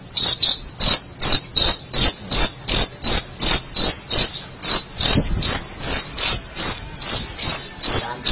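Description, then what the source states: Long-tailed Shrike giving short buzzy high notes in a steady series, about two and a half per second, with brief pauses between them. Recorded in March 2017.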